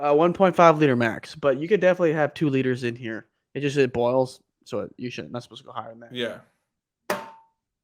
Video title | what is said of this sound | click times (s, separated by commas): Our 2022 Purchases | Little click, I closed it. | 7.1 s